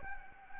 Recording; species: mosquito wingbeat signal from an infrared sensor; Anopheles gambiae